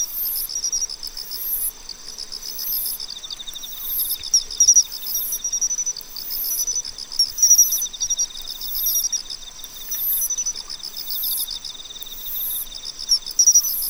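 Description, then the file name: Pine cricket chirping, short ringing notes scattered through a continuous chorus of trilling insects and rhythmic high buzzes. "Matsumushi"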